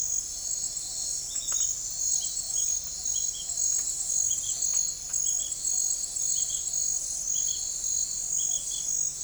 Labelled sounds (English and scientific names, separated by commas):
none